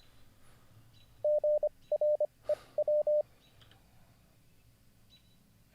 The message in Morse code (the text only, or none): GREW